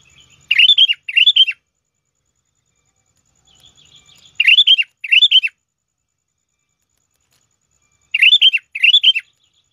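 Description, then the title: Sooty-headed bulbul song: short bubbly phrases of rising-and-falling whistled notes, given in pairs about every four seconds, over a faint steady high whine. "Kutilang"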